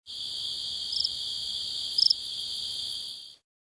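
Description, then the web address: Insect trilling, a steady, unbroken high-pitched buzz held for over three seconds, with a few brief louder flickers, then abrupt silence. Jungle setting. "Jungle. Explorer. insects"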